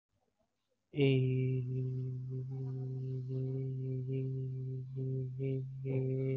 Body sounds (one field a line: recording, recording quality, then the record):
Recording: sustained vowel as in made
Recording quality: excellent, no background noise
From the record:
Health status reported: COVID-19 positive, mild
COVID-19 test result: positive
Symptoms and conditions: cough, sore throat, fever, pneumonia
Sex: male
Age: 32 years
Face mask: not worn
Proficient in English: yes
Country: India